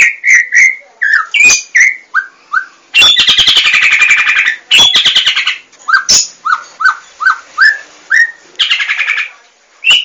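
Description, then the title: White-rumped shama singing: short rising and falling whistles in quick phrases, broken by long harsh buzzy rattles and sharp clicks, with varied sweet notes between. "murai batu"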